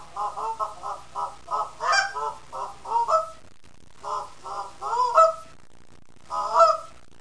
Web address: Goose -Canada